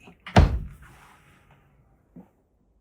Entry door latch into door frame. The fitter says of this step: Now, if I close the door, you can hear it lock automatically.